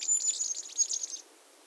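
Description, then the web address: Masked flowerpiercer song fragment, a fast, high, jumbled twittering warble of just over a second, then quiet. Recorded at Iguaque, Villa de Leyva, Colombia, and its surroundings. "sonidos de las aves iguaque villa de leyva y sus alrededores 35 Diglosa De Antifaz, Diglossa cyanea"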